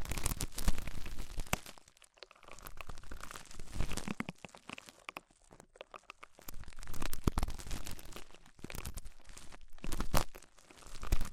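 Ear cleaning with rhinestone and clay removal: dense crackling, crinkling and scraping sounds come in bursts, with sharp loud clicks scattered throughout. Quieter pauses break the activity around two, six and eight and a half seconds before the rustling picks up again.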